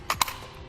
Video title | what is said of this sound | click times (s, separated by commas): DIY Install: Fit Kit for Thule Evo Clamp and Edge Clamp Roof Rack Feet on your 2016 GMC Sierra 2500 | that slot and push up till you hear a click like | 0.1 s, 0.2 s